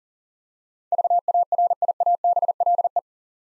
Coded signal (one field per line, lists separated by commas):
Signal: Morse code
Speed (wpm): 40 wpm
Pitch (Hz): 700 Hz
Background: none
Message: VARIABLE